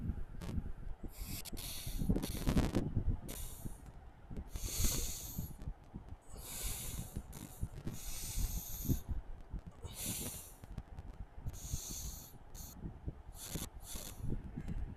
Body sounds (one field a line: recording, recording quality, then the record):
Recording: deep breathing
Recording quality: excellent, no background noise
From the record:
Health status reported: healthy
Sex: male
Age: 25 years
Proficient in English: yes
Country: India